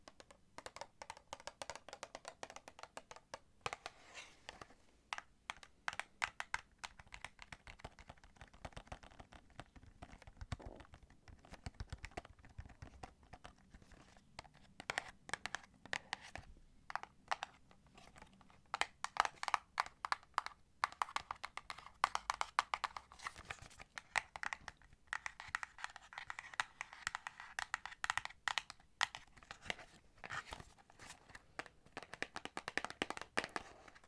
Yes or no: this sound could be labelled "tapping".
yes